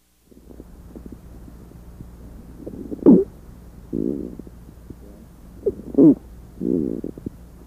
Following sound is a squawk. Many squawks are inspiratory, but this squawk is both inspiratory and expiratory, louder on inspiration and softer on expiration. The squawk is a musical sound found in some patients with diffuse pulmonary fibrosis, especially if associated with an allergic inflammation of the alveoli known as hypersensitivity pneumonitis.